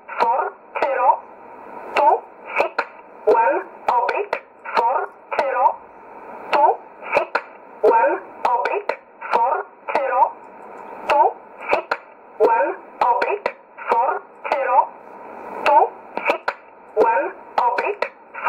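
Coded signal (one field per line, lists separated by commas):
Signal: numbers station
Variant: E11 Oblique, English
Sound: a voice reading short words at even intervals, about 25 words, through band-limited radio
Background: radio static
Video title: 15 06 2020 E11 Oblique Numbers station in English 0746 on 9610 unknown tx site in USB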